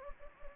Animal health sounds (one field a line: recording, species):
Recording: mosquito wingbeat signal from an infrared sensor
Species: Anopheles gambiae